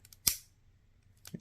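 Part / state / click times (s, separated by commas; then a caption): plastic transforming figure section collapsing into its locked position / seated / 0.3 s. A section of a plastic Studio Series 100 Bumblebee transforming action figure is pushed together during transformation until it locks. A few faint ticks lead to one loud, sharp click at 0.3 s, followed by softer plastic ticks around 1.3 s. The section collapses and clicks into its locked position.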